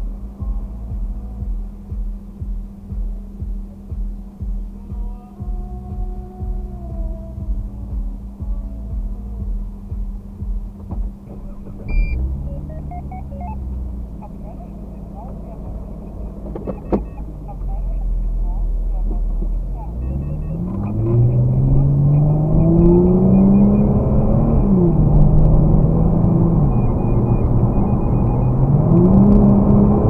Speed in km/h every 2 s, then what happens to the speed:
0, 0, 0, 0, 0, 0, 0, 0, 0, 0, 0, 22, 44, 62, 72.
0-20 standing. 20-30 pulls away to 72.